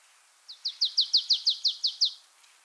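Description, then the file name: Marsh tit calling with about ten quick, even, down-slurred chipping notes in a steady rattle. "Poecile palustris"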